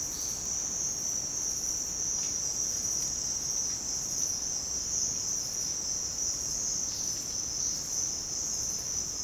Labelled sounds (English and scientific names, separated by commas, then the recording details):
none
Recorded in secondary vegetation near Puerto Asís, Putumayo, Colombia, on 23 June 2025 at 06:30
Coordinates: 0.484, -76.319
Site G074